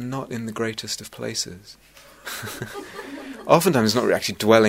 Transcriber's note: laughter